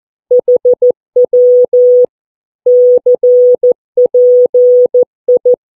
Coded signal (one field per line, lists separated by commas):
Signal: Morse code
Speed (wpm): 14 wpm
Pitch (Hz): 490 Hz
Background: none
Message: HW CPI